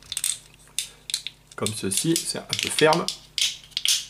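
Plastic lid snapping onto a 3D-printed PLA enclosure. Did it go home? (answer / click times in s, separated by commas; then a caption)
yes / 3.8 s. The PLA lid of a small 3D-printed enclosure for a USB-serial module is pressed on, its small studs locking into holes in the box. Light plastic taps and handling clicks are heard while someone talks, saying it is a bit stiff. Two sharp snaps at 3.8 s and 3.9 s mark the lid clipping shut, and it is confirmed seated.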